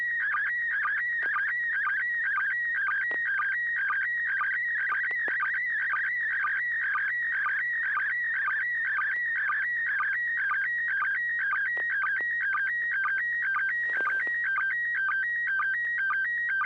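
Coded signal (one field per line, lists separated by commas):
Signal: SSTV (slow-scan television)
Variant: PD120 mode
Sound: warbling electronic tone stepping between pitches, with short low chirps about twice a second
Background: low steady hum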